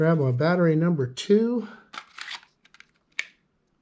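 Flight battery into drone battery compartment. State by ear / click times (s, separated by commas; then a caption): seated / 3.2 s. Someone talks while the second intelligent flight battery is pushed into the rear battery bay of a small folding DJI Mavic Mini drone, with soft handling rustles and light taps along the way. A sharp click at 3.2 s marks the latch catching, and the battery is seated.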